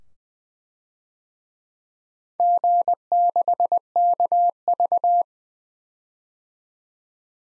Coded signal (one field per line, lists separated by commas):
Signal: Morse code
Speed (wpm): 21 wpm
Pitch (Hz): 700 Hz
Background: none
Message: G6KV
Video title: DXCC-100 Call Signs - 4 Character 20wpm